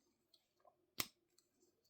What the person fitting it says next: nice little click.